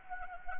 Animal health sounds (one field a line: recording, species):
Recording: mosquito wingbeat signal from an infrared sensor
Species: Anopheles gambiae